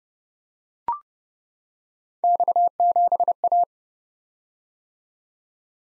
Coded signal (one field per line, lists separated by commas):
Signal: Morse code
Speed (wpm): 30 wpm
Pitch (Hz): 700 Hz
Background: none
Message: X7A